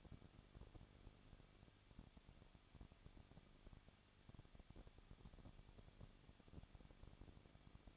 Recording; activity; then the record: daily activity, microphone in the room; no activity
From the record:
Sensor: 4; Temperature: 23.1 degrees Celsius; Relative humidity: 33.9%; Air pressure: 1007.2 hPa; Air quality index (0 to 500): 215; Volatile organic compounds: 15 ppm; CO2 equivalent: 2483 ppm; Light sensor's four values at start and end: 2/3/1/1 and 2/3/1/1